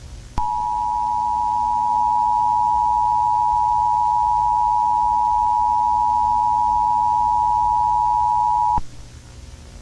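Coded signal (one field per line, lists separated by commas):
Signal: Emergency Alert System (SAME) tones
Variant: 853 and 960 Hz attention tone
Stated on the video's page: Fictional EAS scenario about a dictatorship under martial law, using valid EAS tones.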